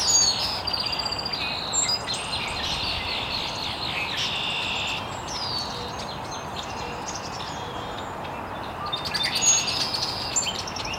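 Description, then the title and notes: Birds chirping in a busy dawn chorus, many overlapping high whistles, trills and rapid notes from several birds, over a steady background hiss. Birds chirping very early in the morning in an estuary. "Birds Chirping in the Early Morning. Original sounds of birds chirping very early in the morning in an estuary"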